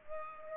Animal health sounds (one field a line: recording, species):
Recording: mosquito wingbeat signal from an infrared sensor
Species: Culex pipiens